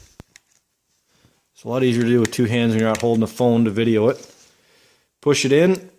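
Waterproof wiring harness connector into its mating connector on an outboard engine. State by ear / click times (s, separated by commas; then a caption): not seated / none. A waterproof plastic wiring harness connector on a 135 OptiMax outboard engine is rotated and pushed into its mating connector. A few faint, sharp ticks of handling are heard around 0.2, 0.4 and 0.6 seconds, then someone talks for the rest of the clip. The connector has not clicked or seated yet.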